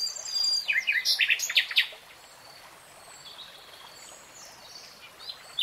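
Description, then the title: Nightingale giving a short burst of chattering, sweeping notes, followed by several seconds of quiet with a faint hiss and thin bird tones. Real-time recording. "[Tiếng chim hót] Nightingale Singing"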